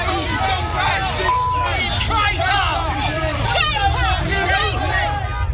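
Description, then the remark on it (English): A loud crowd outside Parliament surrounding Labour leader Keir Starmer, many overlapping voices shouting and jeering at once, with shouts of "traitor", criticism of his COVID record and cries of Jimmy Savile; a continuous dense clamour of raised, agitated voices with no single speaker standing out. “Yeah, as you can hear, the group clearly shouting out there, traitor, and criticising Sir Keir's record on COVID.”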